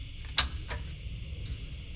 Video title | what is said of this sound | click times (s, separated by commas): 1973 Chevy Van REVIVAL- BLOWN MOTOR! Can a Craigslist Engine Save it From the SCRAPYARD?! | I mean that's seated but not where we want it | 0.4 s